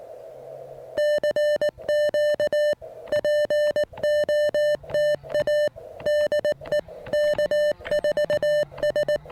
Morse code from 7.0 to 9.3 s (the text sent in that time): K4S